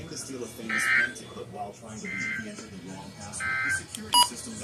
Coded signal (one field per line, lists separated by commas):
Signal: Emergency Alert System (SAME) tones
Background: speech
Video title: EAS 363-365